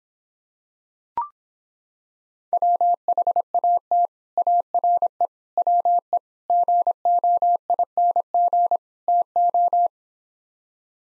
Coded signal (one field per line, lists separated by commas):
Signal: Morse code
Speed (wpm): 26 wpm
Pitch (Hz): 700 Hz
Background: none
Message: WHAT ARE WE GOING TO